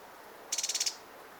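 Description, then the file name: Eurasian wren calling with a brief, fast series of several sharp high ticks in under half a second, set against soft steady hiss. "Troglodytes troglodytes"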